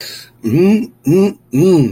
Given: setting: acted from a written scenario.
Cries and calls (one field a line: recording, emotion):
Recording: vocal sound without words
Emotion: desire